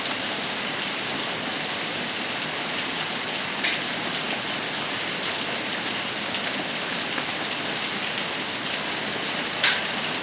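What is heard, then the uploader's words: Rain and hail fall in a steady, dense hiss that stays even for the whole stretch, with most of the sound in the upper range. A couple of sharper ticks stand out, one near four seconds and another near ten, like single hailstones striking. Rain And Hail. On a Tascam DR-40 with a Pyle PDMIC35 shotgun mic.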